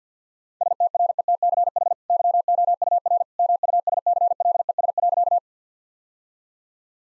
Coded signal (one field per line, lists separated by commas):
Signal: Morse code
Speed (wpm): 50 wpm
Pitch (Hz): 700 Hz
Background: none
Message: STRETCH YOUR MUSCLES.